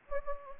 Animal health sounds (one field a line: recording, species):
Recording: mosquito wingbeat signal from an infrared sensor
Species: Anopheles gambiae